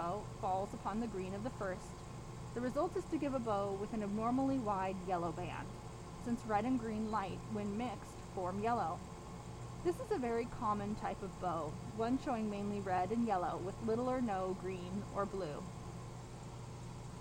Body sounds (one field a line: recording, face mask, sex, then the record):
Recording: reading aloud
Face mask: surgical mask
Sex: female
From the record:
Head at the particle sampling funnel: turned sideways, cheek in front of it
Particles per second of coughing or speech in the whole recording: 0.435